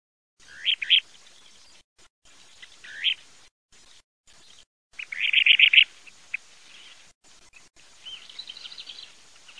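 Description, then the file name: Kentish plover calls: short high rising notes in brief bursts, one quick rattling series of clipped notes midway, softer twittering near the end. "FRATINO"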